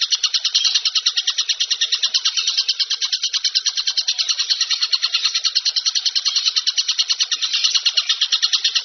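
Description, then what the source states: Bird chatter: a dense, scratchy rattle of quick pulses running nonstop, with slight swells in loudness. Masteran compilation of bird song, described as the most complete.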